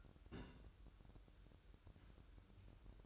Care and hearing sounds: daily activity, microphone in the room; place on stove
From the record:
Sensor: 2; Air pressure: 1008.0 hPa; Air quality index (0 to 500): 108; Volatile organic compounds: 1 ppm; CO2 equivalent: 813 ppm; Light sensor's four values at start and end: 6/15/6/6 and 6/15/6/6

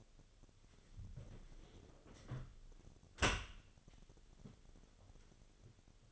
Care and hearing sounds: daily activity, microphone in the room; close dishwasher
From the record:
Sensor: 4

